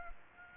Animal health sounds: mosquito wingbeat signal from an infrared sensor; Culex quinquefasciatus

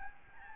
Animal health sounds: mosquito wingbeat signal from an infrared sensor; Aedes albopictus

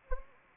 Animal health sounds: mosquito wingbeat signal from an infrared sensor; Anopheles arabiensis

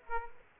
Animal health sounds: mosquito wingbeat signal from an infrared sensor; Aedes aegypti

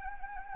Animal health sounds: mosquito wingbeat signal from an infrared sensor; Anopheles gambiae

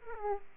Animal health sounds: mosquito wingbeat signal from an infrared sensor; Aedes aegypti

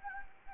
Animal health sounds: mosquito wingbeat signal from an infrared sensor; Anopheles gambiae

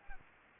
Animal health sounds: mosquito wingbeat signal from an infrared sensor; Anopheles gambiae

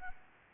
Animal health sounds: mosquito wingbeat signal from an infrared sensor; Anopheles gambiae

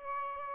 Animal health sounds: mosquito wingbeat signal from an infrared sensor; Aedes albopictus

